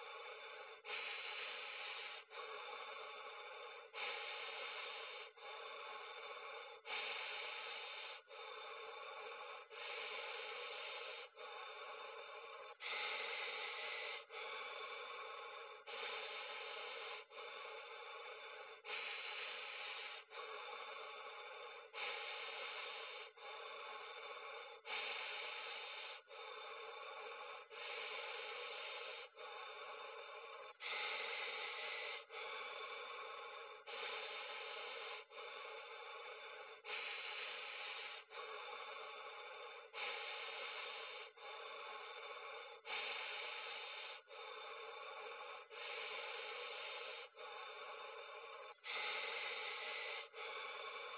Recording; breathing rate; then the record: paced breathing near a phone; 20 breaths a minute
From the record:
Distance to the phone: 40 cm